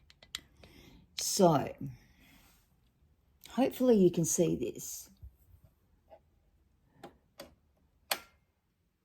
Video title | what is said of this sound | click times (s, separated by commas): My Babylock Acclaim - how I’m going so far, what a wonderful machine | That's what you're waiting for. You're waiting to hear that click | 8.1 s